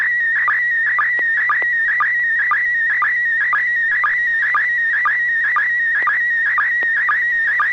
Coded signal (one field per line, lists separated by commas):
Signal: SSTV (slow-scan television)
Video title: N6NA SSTV Net - 10/12/2022